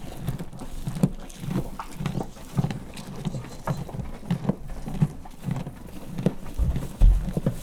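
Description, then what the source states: Horse crunching corn in repeated crunches, ending with heavy dull thuds of a stamping hoof. Farmyard; horse eating corn and stamping with its foot.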